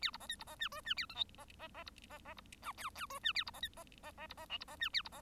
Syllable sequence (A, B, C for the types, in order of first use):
A B C D B C E F E A G H C C C B C C B I J J F E A B C D C C C B C K B C E A B C